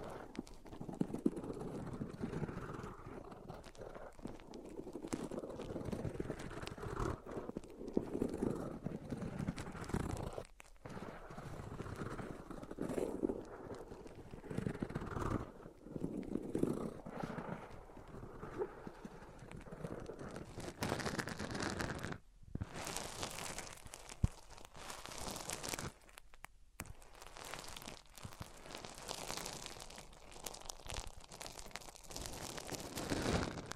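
A microphone is rubbed and scraped against different surfaces, making dense, uneven rustling and scuffing that never settles into a rhythm. The first twenty seconds are lower and muffled, then the rubbing turns brighter and hissier, broken by short silences near 10, 22 and 26 seconds.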